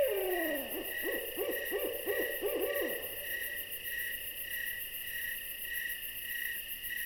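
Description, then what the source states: Owl calling: a wavering descending whinny, then about six quick arched notes in a row, over steady pulsing insect chirps and a high constant hum. An owl paying a visit.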